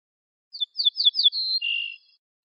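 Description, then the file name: Ortolan bunting delivering a single phrase: four or five clear downslurred notes, then a longer, lower sustained note to finish. "suara kicauan ortolan"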